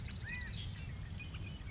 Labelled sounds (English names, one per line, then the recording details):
California Quail
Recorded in Sonoma County, California